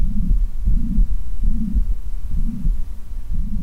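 Low, muffled heartbeats recur about 70 times a minute, heard with a stethoscope, with a loud rumbling noise filling much of each cycle between the beats. This is a very, very loud heart murmur from a severe leaking heart valve in a woman in her early 60s with ongoing shortness of breath; the valve defect was severe enough to need heart surgery within a few weeks.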